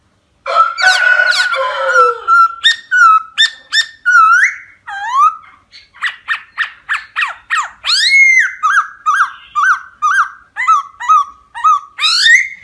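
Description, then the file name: Laughingthrush pouring out loud, varied whistled notes in quick runs, with sweeping and falling phrases repeated over about twelve seconds. Wild-voice song style ('giọng rừng'). "Tieng khuou hot giong rung"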